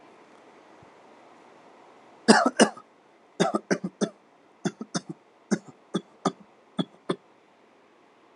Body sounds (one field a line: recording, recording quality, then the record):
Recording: shallow voluntary cough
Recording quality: excellent, no background noise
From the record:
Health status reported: healthy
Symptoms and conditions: diabetes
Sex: male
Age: 32 years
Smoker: not ticked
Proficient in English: yes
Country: India